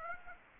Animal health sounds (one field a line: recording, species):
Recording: mosquito wingbeat signal from an infrared sensor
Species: Aedes aegypti